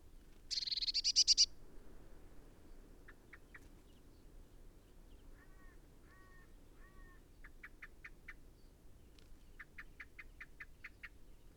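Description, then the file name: Eurasian blue tit calls: a harsh, buzzy scold at the start, followed by thin, high notes, some in slurred pairs, then quick repeated runs of short notes. "Cyanistes caeruleus"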